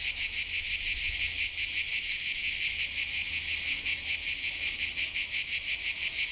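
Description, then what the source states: Cicada chorus, a loud unbroken high-pitched buzz that throbs rapidly and evenly. Recorded in Sardinia.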